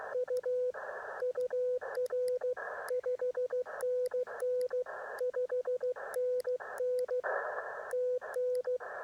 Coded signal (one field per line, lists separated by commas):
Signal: Morse code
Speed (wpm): 16 wpm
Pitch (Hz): 500 Hz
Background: radio noise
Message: U UR 5NN 5NN TN